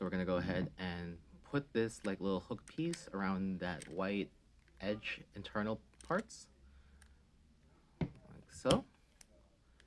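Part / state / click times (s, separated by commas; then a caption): corner piece into a 4x4 puzzle cube / seated / 9.2 s. A replacement corner piece is hooked around the white internal edge of a 4x4 speed cube and pressed in while someone talks. Soft clicks and handling sounds follow, and a short, sharp click at 9.2 s marks the corner snapping into place.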